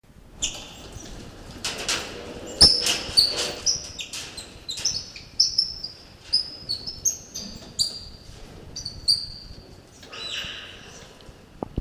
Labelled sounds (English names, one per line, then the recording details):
White-nosed Coati call
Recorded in captivity
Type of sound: call
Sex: diverse
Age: adult
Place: Zoo Leipzig, Sachsen, DE
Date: 1968-12-06 16:00
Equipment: Uher 4000 Report-S, Sennheiser MD 421
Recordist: Tembrock, Günter
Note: Laute in der Gruppe bei Begegnung (Abstand ca. 2 m)